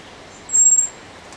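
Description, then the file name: Eurasian blackbird giving a single thin, very high drawn-out seee note lasting about a third of a second, over faint low background hiss. "Turdus merula"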